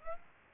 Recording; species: mosquito wingbeat signal from an infrared sensor; Aedes aegypti